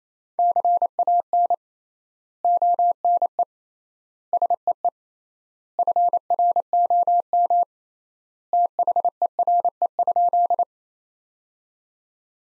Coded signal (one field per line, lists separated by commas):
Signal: Morse code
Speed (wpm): 28 wpm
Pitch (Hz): 700 Hz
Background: none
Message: CAN ONE SEE FROM THERE?